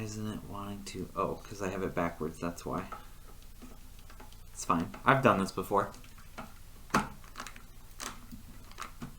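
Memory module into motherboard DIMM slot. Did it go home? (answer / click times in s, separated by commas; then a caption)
yes / 6.9 s. Someone talks while a RAM stick that had been inserted backwards is turned around and pushed into a motherboard DIMM slot. A sharp click is heard at 7.0 s as the memory module latches and seats, followed by a few faint ticks.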